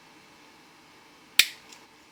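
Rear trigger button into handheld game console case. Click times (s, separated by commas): 1.4 s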